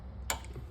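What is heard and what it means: On a 2010 Audi Q5 crankshaft position sensor connector, a flathead screwdriver is used from the back side to push the gray plastic locking tab back into the sensor connector housing. A single sharp, loud tick sounds at 0.3 s over a low steady hum, followed by a faint small tick at 0.4 s. The locking tab snaps in and is seated.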